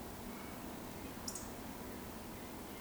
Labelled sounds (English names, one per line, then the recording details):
Eurasian Woodcock whistle
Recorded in Baden-Württemberg, Germany, on 15 June 2020 at 19:29 UTC
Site 14569, 102 m above sea level